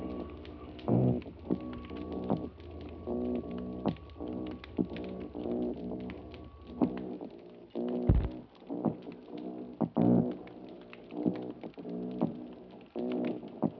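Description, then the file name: Mulloway calls: rapid trains of low, knocking drum-like grunts, each burst a rumbling series of pulses, repeated many times with short gaps and sharp clicks between. "Parsons M-2013 Argyrosomus-japonicus"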